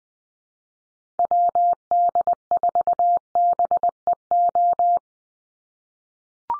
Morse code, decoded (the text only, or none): WD4BEO